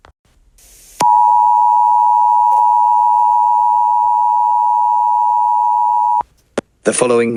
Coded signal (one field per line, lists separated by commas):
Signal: Emergency Alert System (SAME) tones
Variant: 853 and 960 Hz attention tone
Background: speech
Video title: EAS Alert- The Queen Has Escaped